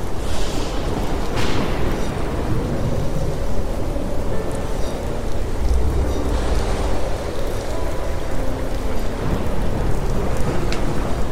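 Storm sounds: a steady, dense wash of heavy rain with a deep, rolling rumble of thunder filling the low end throughout. Brighter hissing gusts swell around the start, near two seconds, and again around six to seven seconds. No piano melody stands out.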